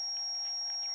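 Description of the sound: Steady high-pitched ringing tone over a fainter lower tone, simulating an adult's tinnitus, the sound inside the head, heard only in the left ear.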